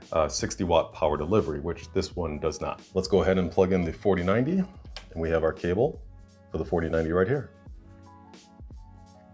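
Someone talks while handling the 16-pin PCIe 5.0 power cable from an MSI MEG Ai1300P power supply, getting ready to plug it into the power socket of a 4090 graphics card. Steady tonal background music continues underneath, with a faint, brief tick near the end. Nothing has seated or clicked yet, because the clip ends just before the connector goes home.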